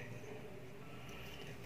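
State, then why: Not seated. An interchangeable lens is held against a Canon EOS M10 camera body's bayonet mount, its index mark lined up at the top, just before it is twisted to lock. Only a low, steady background hum is heard, with no distinct sounds. Nothing has seated or clicked yet.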